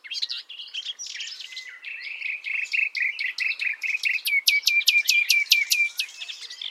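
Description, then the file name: Common nightingale song: a few mixed notes, then a steady run of repeated chattering notes and a fast series of sharp whip-like notes. "Luscinia megarhynchos"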